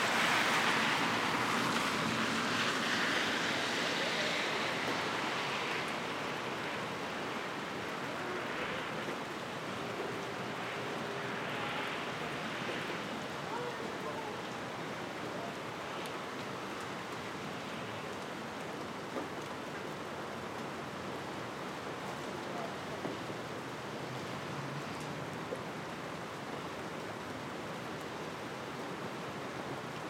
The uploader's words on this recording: Ext. Brooklyn. Rainy Day - Street - Light Traffic. Rainy Day - Street - Light Traffic by Bandeto.